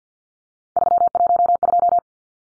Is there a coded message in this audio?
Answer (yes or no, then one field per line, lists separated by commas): yes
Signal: Morse code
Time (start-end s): 0.8-2.0 s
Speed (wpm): 50 wpm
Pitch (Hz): 700 Hz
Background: none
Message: 312